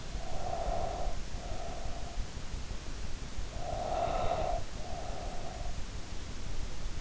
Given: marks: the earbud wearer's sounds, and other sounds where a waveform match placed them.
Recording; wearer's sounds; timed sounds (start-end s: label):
sounds in sleep by an in-ear microphone; breath
0.00-2.17 s: breath
3.45-5.82 s: breath